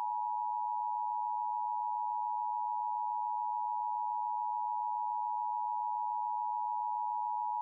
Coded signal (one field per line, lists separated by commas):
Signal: Emergency Alert System (SAME) tones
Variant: 853 and 960 Hz attention tone